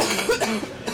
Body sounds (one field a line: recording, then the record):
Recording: coughing mixed with background sound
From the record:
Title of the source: 61 morning phlegmy cough...again